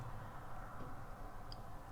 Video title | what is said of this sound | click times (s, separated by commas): Mother’s Day gift HOW TO MAKE A SWAROVSKI PEARL NECKLACE DIY | and usually when you secure it and you go back and forth you can hear like a little click | 1.5 s